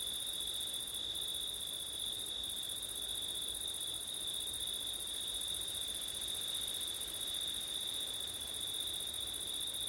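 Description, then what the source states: Cricket chorus keeping up an even, shrill trill without pause, an upper buzzing band dropping out briefly twice, with soft wind noise beneath. Crickets on a September night, with wind; ORTF (ortif) microphone setup.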